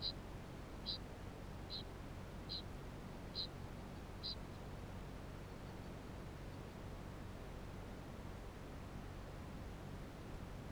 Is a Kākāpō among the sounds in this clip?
yes